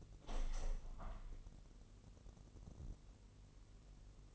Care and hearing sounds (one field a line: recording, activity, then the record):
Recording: daily activity, microphone in the room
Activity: open window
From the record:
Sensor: 4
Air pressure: 1001.2 hPa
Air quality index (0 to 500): 246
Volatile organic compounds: 44 ppm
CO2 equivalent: 3209 ppm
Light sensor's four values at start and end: 9/19/7/7 and 9/20/8/7